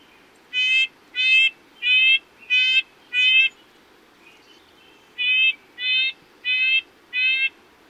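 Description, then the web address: Red-breasted nuthatch giving short, nasal, tinny notes, like a toy horn, in an even series of five, then a pause and four more. "Thumbs Plus Zoo Field Guide"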